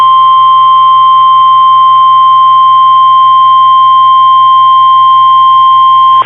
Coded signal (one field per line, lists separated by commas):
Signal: Emergency Alert System (SAME) tones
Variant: 1050 Hz attention tone